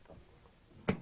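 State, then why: Seated. A bread baking pan is set back inside a bread machine and turned a little clockwise until it locks in place. After a quiet stretch with faint low rumbling, a single sharp broadband click comes at 0.9 s as the pan seats and locks.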